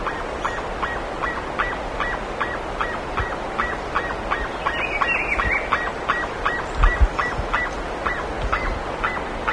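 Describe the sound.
Bird giving a long run of clipped, honking notes at an even pace of nearly three per second, set against steady background hiss.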